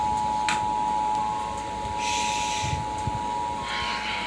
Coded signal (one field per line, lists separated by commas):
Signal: Emergency Alert System (SAME) tones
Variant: 853 and 960 Hz attention tone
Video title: Tornado Warning on H&I (EAS #43)